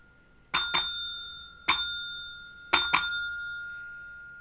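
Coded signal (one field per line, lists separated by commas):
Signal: bell signal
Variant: UK railway block bell code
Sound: five bright bell strikes, two, pause, one, pause, two, each ringing down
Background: quiet room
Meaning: Removal of an obstruction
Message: 2-1-2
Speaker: the removal of an obstruction is two pause one pause two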